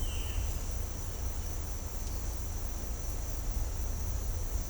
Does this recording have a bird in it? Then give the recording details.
no. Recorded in pastures near Puerto Asís, Putumayo, Colombia, on 20 December 2024 at 10:30. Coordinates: 0.496, -76.326. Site G004